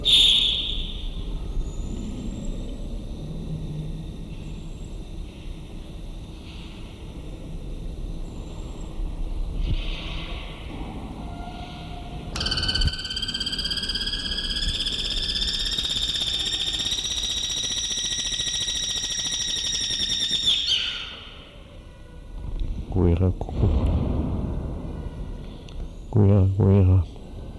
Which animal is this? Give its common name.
Guira Cuckoo